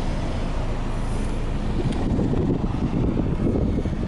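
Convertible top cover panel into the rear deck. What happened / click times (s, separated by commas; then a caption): The panel is being handled but has not yet snapped into place / none. A cover panel on a Pontiac convertible's manual folding top is handled over the rear deck, before it is pressed down to snap into place. A steady low rumble continues throughout with no distinct impacts. Nothing has seated or clicked yet.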